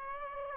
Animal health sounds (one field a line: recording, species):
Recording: mosquito wingbeat signal from an infrared sensor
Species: Aedes aegypti